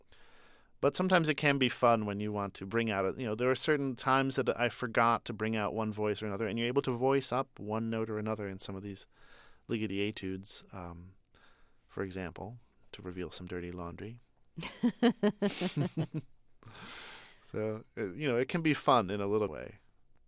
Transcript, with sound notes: But sometimes it can be fun when you want to bring out - you know, there are certain times that I forgot to bring out one voice or another, and you're able to voice up one note or another in some of these Ligeti etudes, for example, to reveal some dirty laundry.
(LAUGHTER)
So, you know, it can be fun in a little way.